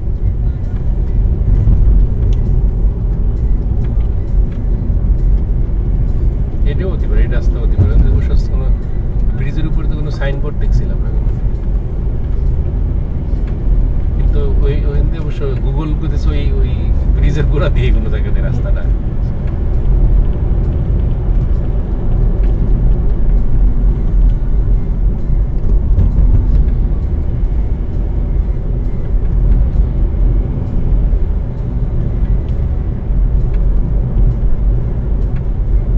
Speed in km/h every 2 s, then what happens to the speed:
46, 46, 49, 52, 52, 48, 51, 58, 60, 63, 66, 63, 49, 47, 51, 56, 59, 60.
0-6 speeds up to 52. 10-20 speeds up to 66. 20-24 brakes to 49. 24-36 speeds up to 60.